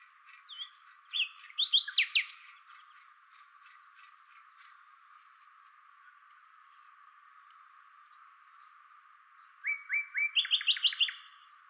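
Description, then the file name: Common nightingale song: a loud opening of rapid notes, then a run of thin, drawn-out high whistles, closing with fast, evenly repeated chips. "Luscinia megarhynchos"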